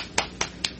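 A few sparse claps: three sharp, evenly spaced hand claps at a moderate level, with no voices, more like a slow, scattered round of applause than a full crowd.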